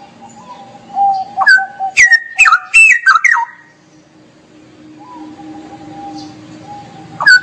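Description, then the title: Straw-headed bulbul song: a run of low whistled notes, then a burst of loud rich warbling phrases sweeping up and down, a quiet spell, and a final warbled note. Used to tutor caged birds; fast, continuous singing style called ropel gacor. "mster Mnuk. Masteran Burung CUCAK ROWO. Cucak Rowo Ropel Gacor"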